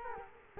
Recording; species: mosquito wingbeat signal from an infrared sensor; Culex quinquefasciatus